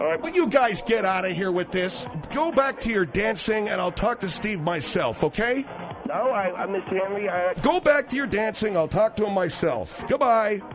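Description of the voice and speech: One adult speaks fluently in a fairly high, brisk, scolding voice, with clear consonants and only brief pauses. Rate and rhythm are ordinary, with no repetitions, blocks or slurring. This is normal conversational speech.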